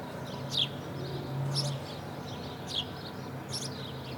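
Sparrow calls, a few sharp descending chirps roughly once a second, with a low hum running underneath.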